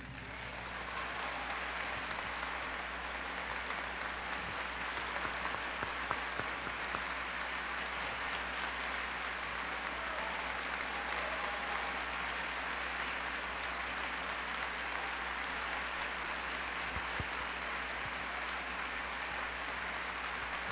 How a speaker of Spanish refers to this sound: ¿Hay alguien aquí que le pueda dar un fuerte aplauso a Cristo?